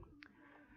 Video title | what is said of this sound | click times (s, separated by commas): Materi IPA SMP/MTs Kelas VII Mikroskop dan Bagian-bagiannya | yang kita inginkan ya kita sampai bunyinya klik ya halo ayah nanti han bunyi klik | 0.2 s